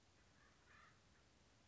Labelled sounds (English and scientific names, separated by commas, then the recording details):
Acorn Woodpecker (Melanerpes formicivorus)
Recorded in Sonoma County, California